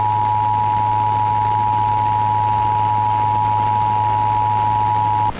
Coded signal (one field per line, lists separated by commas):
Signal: Emergency Alert System (SAME) tones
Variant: 853 and 960 Hz attention tone